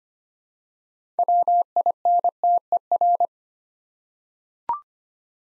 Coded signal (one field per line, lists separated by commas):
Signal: Morse code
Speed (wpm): 25 wpm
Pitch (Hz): 700 Hz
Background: none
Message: WINTER